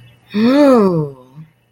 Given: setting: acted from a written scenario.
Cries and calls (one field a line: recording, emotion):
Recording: vocal sound without words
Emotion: romantic love